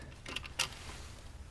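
A spark plug wire boot on a Porsche 944 with an LS swap and Motion Raceworks valve covers is pushed back off the spark plug, then forced back on. A few faint ticks at about 0.3, 0.4 and 0.5 s lead up to one solid click at 0.6 s. The boot is seated on the plug.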